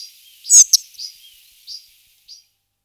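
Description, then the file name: Spotted flycatcher singing a few high, thin squeaks with one louder harsh double note, then fainter single chips trailing off. Song, 2004. "roche 2004 grauschnaepper"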